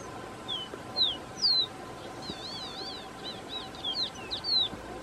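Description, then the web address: Copper seedeater: three crisp falling whistles, a rippling wavy warble, then several sharp downslurred notes to finish, with steady low background hum. "Copper seedeater. صدای-پرنده-دانه-خوار-مسی"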